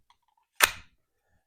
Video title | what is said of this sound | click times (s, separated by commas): #Unboxing Cold Steel Greatness: Kudu Lite & Mini Tac Knives – Affordable Powerhouses! | you hear that click in | 0.6 s